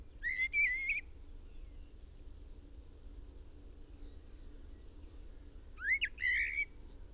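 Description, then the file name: Common blackbird song: a clear whistled phrase with a scratchy top, then a long silence before a second rising, squeaky phrase. "Turdus merula"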